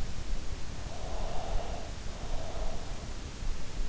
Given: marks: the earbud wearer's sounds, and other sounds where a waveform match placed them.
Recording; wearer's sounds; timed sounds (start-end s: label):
sounds in sleep by an in-ear microphone; breath
0.66-3.06 s: breath